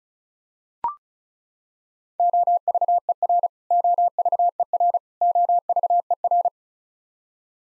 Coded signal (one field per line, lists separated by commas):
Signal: Morse code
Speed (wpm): 34 wpm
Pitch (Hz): 700 Hz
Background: none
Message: OVER OVER OVER